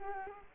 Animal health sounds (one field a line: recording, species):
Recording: mosquito wingbeat signal from an infrared sensor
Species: Culex quinquefasciatus